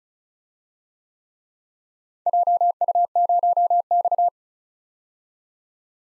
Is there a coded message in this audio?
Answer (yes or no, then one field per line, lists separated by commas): yes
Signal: Morse code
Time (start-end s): 2.3-4.3 s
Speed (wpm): 36 wpm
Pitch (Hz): 700 Hz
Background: none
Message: JU0X